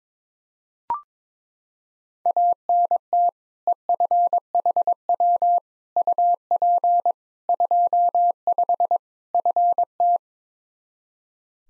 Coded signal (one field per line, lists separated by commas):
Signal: Morse code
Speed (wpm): 22 wpm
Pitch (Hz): 700 Hz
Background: none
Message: ANT EFHW UP 25 FT